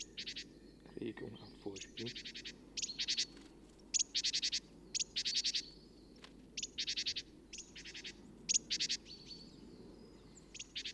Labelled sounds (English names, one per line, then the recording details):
Great Tit alarm call
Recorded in the wild
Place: Kaiserslautern, Rheinland-Pfalz, DE
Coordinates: 49.26, 7.45
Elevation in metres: 206
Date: 1977-03-06
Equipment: Nagra IV, Sennheiser MKH 405, Parabolreflektor
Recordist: Tretzel, Erwin
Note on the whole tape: An der Denkmal-Buche: Kohlmeise "trrr"-Schrecklaut